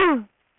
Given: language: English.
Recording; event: throat vibration sensor signal played as sound; throat clearing